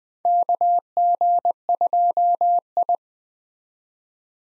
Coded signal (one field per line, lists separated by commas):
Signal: Morse code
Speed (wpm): 20 wpm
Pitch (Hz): 700 Hz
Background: none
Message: KG2I